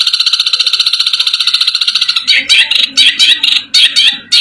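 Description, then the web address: Long-tailed shrike song: a fast buzzy trill of rapid harsh notes, breaking after two seconds into choppy bursts of scratchy phrases. Masteran (training recording) of cendet song. "masteran cendet"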